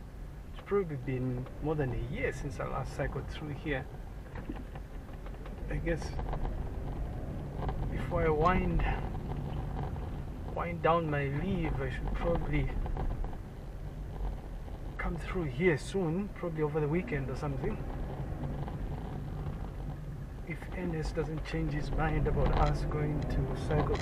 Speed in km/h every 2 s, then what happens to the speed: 9, 11, 7, 13, 17, 11, 10, 10, 12, 16, 8, 17.
4-7 speeds up to 17. 11-21 steady at about 10. 21-24 speeds up to 17.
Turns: none.